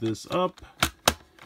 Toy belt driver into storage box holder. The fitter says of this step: and that clicks in pretty nice and securely I mean it's not going anywhere